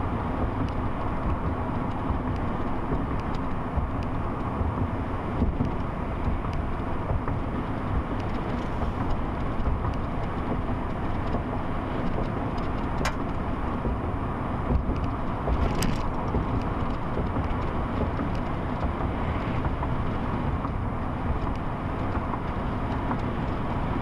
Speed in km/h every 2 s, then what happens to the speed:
76, 76, 76, 76, 76, 77, 77, 79, 79, 81, 79, 79.
0-24 steady at about 77.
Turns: none.